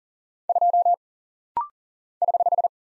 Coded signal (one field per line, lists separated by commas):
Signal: Morse code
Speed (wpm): 39 wpm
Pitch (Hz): 700 Hz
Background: none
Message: 2 <HH>